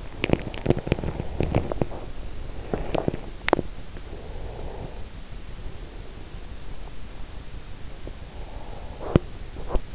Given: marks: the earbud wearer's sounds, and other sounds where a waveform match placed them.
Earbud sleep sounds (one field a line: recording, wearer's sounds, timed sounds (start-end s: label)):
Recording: sounds in sleep by an in-ear microphone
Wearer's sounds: teeth grinding, breath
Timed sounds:
0.00-4.09 s: teeth grinding
4.09-6.34 s: breath